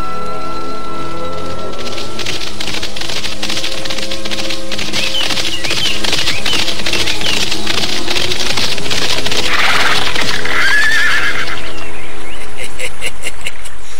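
Steady, rhythmic clip-clopping of horse hooves runs throughout over a sustained tonal backdrop, with a high, wavering horse whinny rising out of the mix partway through, as one rider urges a horse on and a second rider follows behind on horseback.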